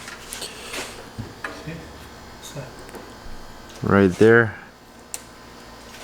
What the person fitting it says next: that's snapped in. We heard that.